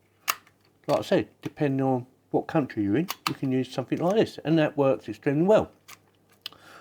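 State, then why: Seated. A regional 3-pin plug adapter is pushed onto the power supply plug of a QNAP TVS-h874X-i9-64G-US NAS and clicks into place at 0.3 s, locking so it will not come back out. Someone then talks for most of the clip, and another sharp, loud hit sounds near 6.5 s.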